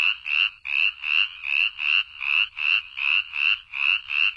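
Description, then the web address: Spotted chorus frog calling with quick, harsh trilled notes repeated steadily without pause. North America. "Songs of Frogs Toads of North America. Spotted Chorus Frog"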